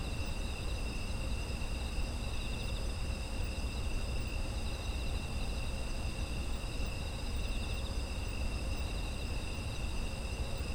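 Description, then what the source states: Steady chorus of insects, several high buzzing trills running side by side without breaks, above a low rumbling background. Ambient sound of autumn insects.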